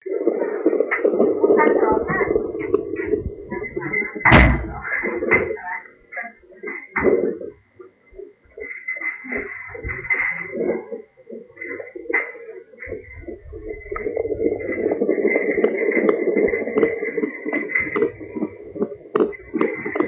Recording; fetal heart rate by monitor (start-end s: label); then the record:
fetal heart sounds by stethoscope on the mother's abdomen
0.00-10.00 s: 132 bpm
10.00-20.00 s: 148 bpm
From the record:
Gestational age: 32 weeks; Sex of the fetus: boy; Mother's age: 20 years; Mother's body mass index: 28.5